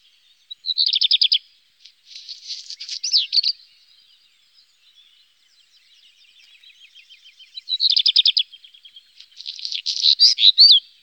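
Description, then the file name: Black redstart giving two song strophes about seven seconds apart, each a quick burst of bright high notes followed by a grating, crackling phrase. Faint scratchy sounds between them. "Hausrotschwanz"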